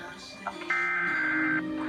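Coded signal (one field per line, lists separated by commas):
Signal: Emergency Alert System (SAME) tones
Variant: header bursts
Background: speech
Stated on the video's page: EAS Required Monthly Test.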